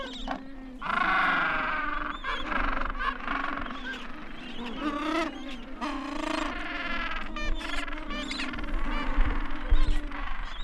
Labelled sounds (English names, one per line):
Gentoo Penguin call